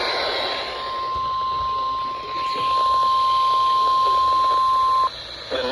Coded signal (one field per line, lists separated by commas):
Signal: Emergency Alert System (SAME) tones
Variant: 1050 Hz attention tone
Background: speech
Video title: EAS 123 - Flash Flood Warning - AND WTOP FORGOT